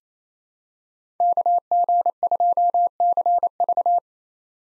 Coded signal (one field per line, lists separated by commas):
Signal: Morse code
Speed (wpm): 28 wpm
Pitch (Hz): 700 Hz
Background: none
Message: KG2CV